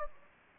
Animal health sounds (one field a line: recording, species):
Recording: mosquito wingbeat signal from an infrared sensor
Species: Anopheles gambiae